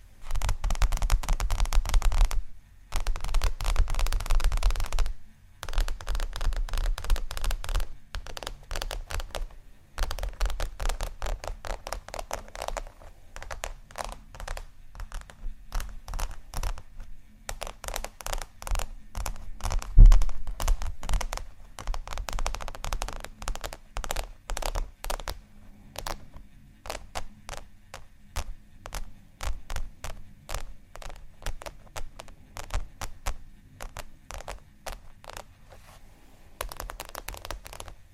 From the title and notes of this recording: ASMR 2 Magic Textures (scratching, Tapping)（No Talking）.